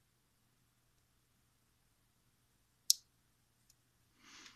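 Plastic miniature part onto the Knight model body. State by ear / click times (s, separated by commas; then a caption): partly seated / 2.9 s. A small plastic piece of a wargame Knight miniature is pressed onto the Knight model body during assembly, giving one sharp click at 2.9 s, a faint tick at 3.7 s, and a soft hiss near the end. The part only nearly snaps into place and does not fully lock.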